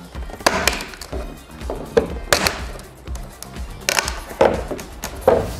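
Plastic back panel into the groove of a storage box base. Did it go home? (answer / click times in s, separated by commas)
yes / 0.5 s, 2.3 s, 3.9 s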